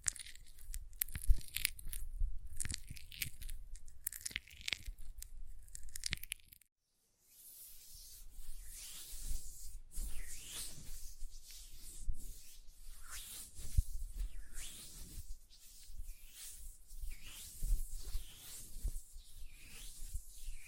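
Hand sounds with dry rubbing and friction, busy and scratchy for the first six seconds with sharp clicks mixed in. A brief silence follows near seven seconds, then softer, wetter rubbing strokes return in a steady, regular rhythm with occasional small taps.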